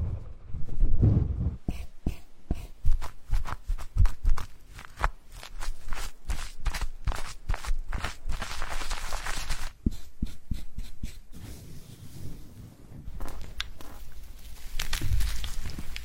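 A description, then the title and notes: Hands tap at running water, then smear and tear through a massage. Quick, irregular taps and slaps come densely through the first ten seconds over a soft hiss, giving way to a steadier rushing, smearing wash with low thumps near the end. Tapping the water flow, smearing and tearing massage.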